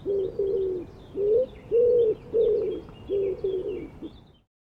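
Bird repeating short, low, mellow coos in an irregular series, with thin high chirps of other birds faintly behind, ending abruptly in silence.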